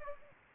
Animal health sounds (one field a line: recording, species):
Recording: mosquito wingbeat signal from an infrared sensor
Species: Aedes aegypti